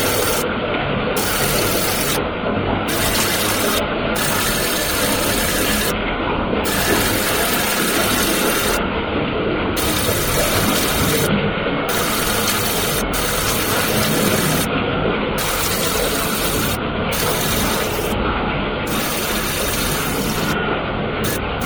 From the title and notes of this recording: Bath water recorded at Dorchminster Manor, Ditmas Park, Brooklyn, Spring 2009, by Dan Bodah.